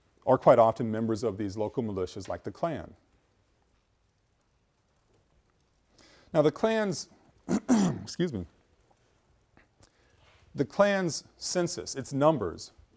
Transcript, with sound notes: are quite often members of these local militias like the Klan. Now the Klan’s, [coughs] excuse me, the Klans census, its numbers,